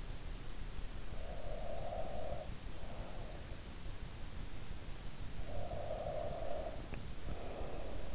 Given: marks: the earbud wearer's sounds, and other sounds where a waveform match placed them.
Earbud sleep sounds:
sounds in sleep by an in-ear microphone; breath
0.95-3.69 s: breath
5.18-8.15 s: breath

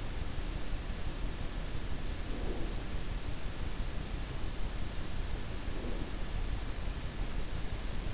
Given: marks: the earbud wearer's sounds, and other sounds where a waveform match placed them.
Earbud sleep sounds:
sounds in sleep by an in-ear microphone; breath
2.33-2.85 s: breath
5.73-6.15 s: breath

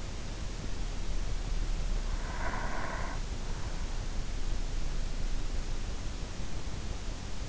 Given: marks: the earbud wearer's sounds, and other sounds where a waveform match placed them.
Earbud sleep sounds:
sounds in sleep by an in-ear microphone; breath
2.11-3.66 s: breath

